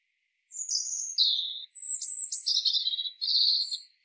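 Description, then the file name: European robin song: a run of high, thin warbled and trilled phrases that slide between pitches, lasting about three and a half seconds against a silent background. "Erithacus rubecula"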